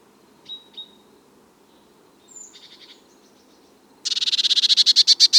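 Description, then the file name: Eurasian blue tit call: a few thin, high whistled notes, then a sudden loud buzzy churr of many rapid pulses at the end. "Cyanistes caeruleus"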